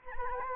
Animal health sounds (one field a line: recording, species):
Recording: mosquito wingbeat signal from an infrared sensor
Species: Anopheles arabiensis